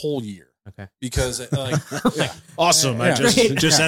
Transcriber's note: laughing